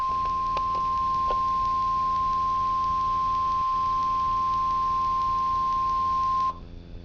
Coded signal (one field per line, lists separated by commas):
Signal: Emergency Alert System (SAME) tones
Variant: 1050 Hz attention tone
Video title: Real NOAA Weather Radio EAS Alert #20